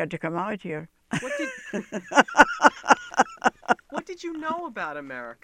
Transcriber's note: she laughs